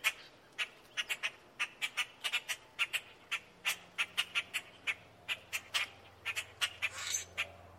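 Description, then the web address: Grackle giving a rapid, irregular stream of many dry, harsh chack notes. "birds-grackel-01"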